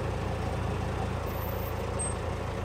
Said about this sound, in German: wir haben am Elbesalz eine ASG 29i startklar. Ja. Die Winde ist startklar, ich ziehe an.